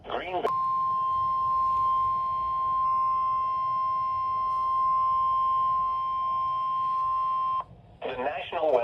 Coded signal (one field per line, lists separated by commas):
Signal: Emergency Alert System (SAME) tones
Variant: 1050 Hz attention tone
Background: speech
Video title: Slight risk threat from 7/8/26 EAS Compliation#6 EAS#139-146 of 2026 #noaaweatherradio